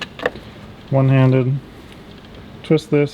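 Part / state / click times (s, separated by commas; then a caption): cooling system pressure tester adapter onto coolant expansion tank neck / not seated / none. A cooling-system pressure tester adapter, with its hose attached, is twisted by hand, one-handed, onto the coolant expansion tank filler neck of a Land Rover LR4 during cooling system repair work. There are short sharp ticks at 0.0 s and 0.3 s and a faint tick at 1.9 s as someone talks. The clip ends before the adapter locks on, and nothing has seated or clicked yet.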